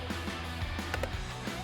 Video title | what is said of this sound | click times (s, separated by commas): 2014 Acura MDX Cabin Air Filter Replacement | gentle push two clicks | 0.9 s, 1.0 s